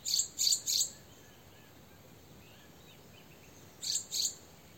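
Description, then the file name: Eurasian wren calls: three hard clicking ticks, a pause, then two more ticks. "Troglodytes troglodytes"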